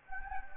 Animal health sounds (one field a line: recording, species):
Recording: mosquito wingbeat signal from an infrared sensor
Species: Anopheles gambiae